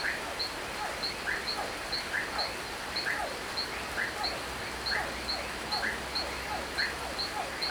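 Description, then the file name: Toads calling in repeated short notes, with a steady, rapidly pulsing high cricket chirp and a constant hiss of rain. Toads calling at night in the rain on a small rural farm, with a cricket very close by. "Chuva em chacara a noite grilo bem perto, sapos"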